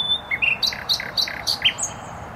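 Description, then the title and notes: Nightingale song: a phrase of rapidly repeated rich two-part notes, ending in a high whistle, over low traffic noise. Singing in bushes close to a noisy motorway, Trasa Toruńska, Bródno-Podgrodzie, Warsaw, Poland; recorded with an Olympus LS-11. "Bródno-Podgrodzie, Warszawa, Polska - Trasa Toruńska Nightingale. Recording nightingale singing in bushes close to noisy motorway"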